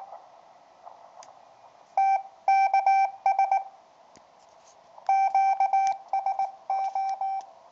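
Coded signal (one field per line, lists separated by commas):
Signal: Morse code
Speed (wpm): 20 wpm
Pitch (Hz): 780 Hz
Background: none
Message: TKS QSO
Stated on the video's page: 80 m QRP contact using an end-fed half-wave wire 4 ft high.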